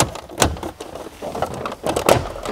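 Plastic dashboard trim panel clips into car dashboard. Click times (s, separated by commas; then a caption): 0.4 s, 2.1 s. A plastic dashboard trim panel with retaining clips is pressed back into the dash of a BMW 1M. Sharp snaps are heard at 0.4 s and 2.1 s as the clips engage. The panel is seated firmly in place with no rattles.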